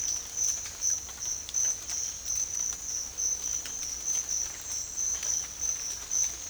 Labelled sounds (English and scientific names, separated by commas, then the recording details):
none
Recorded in dense forest near Puerto Asís, Putumayo, Colombia, on 22 December 2024 at 07:00
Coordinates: 0.485, -76.318
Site GP03